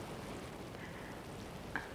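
Steady, soft rain hisses evenly throughout, a dense crackling patter with no voices, broken only by a brief faint tonal blip near the end.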